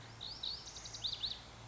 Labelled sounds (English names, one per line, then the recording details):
Lazuli Bunting
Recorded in Sonoma County, California